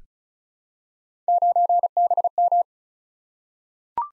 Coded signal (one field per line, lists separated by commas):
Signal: Morse code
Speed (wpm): 36 wpm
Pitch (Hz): 700 Hz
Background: none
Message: 9BM